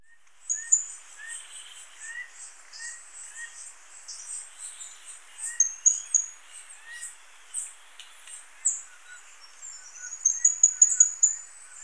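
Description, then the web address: Green-and-black fruiteater calling, very high thin notes at irregular intervals, with softer lower chirps and a faint hiss. Ecuador. "Natures Songs S America Birds of Ecuador Green-and-black Fruiteater"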